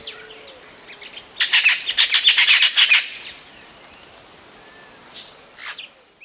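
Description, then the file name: Bird calls: a burst of scratchy, rapid chattering notes lasting under two seconds, followed by a few faint, thin notes in a quiet background. "SABIOD 50 bird 2015"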